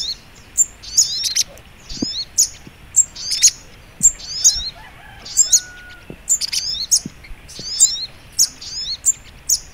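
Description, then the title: Little spiderhunter pouring out high-pitched chips and quick zigzag twitters in repeated phrases, with faint ticks in the background. Training recording (masteran) of sogok ontong labaik. "Masteran Burung Sogok Ontong Labaik"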